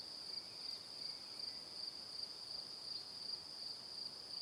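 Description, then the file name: Crickets chirping in a steady high-pitched trill, with brief pulses repeating a few times per second over faint background hiss. Evening. "Calm - Evening Crickets"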